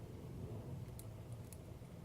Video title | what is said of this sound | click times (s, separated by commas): Crown 2 Review | okay and it does click into place | 1.0 s, 1.5 s